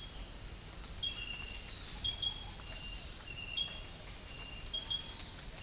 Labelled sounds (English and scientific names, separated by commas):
none